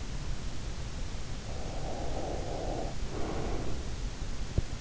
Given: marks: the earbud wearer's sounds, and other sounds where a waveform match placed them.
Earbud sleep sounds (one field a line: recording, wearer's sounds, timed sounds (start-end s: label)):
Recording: sounds in sleep by an in-ear microphone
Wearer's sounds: breath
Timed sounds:
1.75-3.84 s: breath